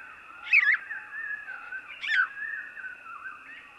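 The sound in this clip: House sparrow chirps: two short, bright notes about a second and a half apart over a steady high-pitched background hum.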